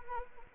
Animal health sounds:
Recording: mosquito wingbeat signal from an infrared sensor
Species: Anopheles arabiensis

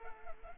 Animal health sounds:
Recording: mosquito wingbeat signal from an infrared sensor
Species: Culex pipiens

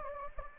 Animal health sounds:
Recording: mosquito wingbeat signal from an infrared sensor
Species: Anopheles gambiae

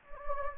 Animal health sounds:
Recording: mosquito wingbeat signal from an infrared sensor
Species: Anopheles gambiae

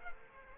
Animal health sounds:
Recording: mosquito wingbeat signal from an infrared sensor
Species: Culex quinquefasciatus

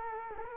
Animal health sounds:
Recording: mosquito wingbeat signal from an infrared sensor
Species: Culex quinquefasciatus

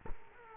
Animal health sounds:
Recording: mosquito wingbeat signal from an infrared sensor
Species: Culex quinquefasciatus

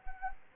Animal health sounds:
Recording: mosquito wingbeat signal from an infrared sensor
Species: Anopheles arabiensis

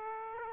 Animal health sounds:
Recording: mosquito wingbeat signal from an infrared sensor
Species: Aedes aegypti

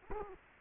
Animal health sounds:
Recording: mosquito wingbeat signal from an infrared sensor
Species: Culex quinquefasciatus

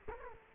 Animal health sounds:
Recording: mosquito wingbeat signal from an infrared sensor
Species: Culex quinquefasciatus

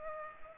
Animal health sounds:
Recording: mosquito wingbeat signal from an infrared sensor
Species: Culex pipiens

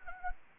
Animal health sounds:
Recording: mosquito wingbeat signal from an infrared sensor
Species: Anopheles gambiae

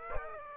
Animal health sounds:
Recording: mosquito wingbeat signal from an infrared sensor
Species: Aedes aegypti

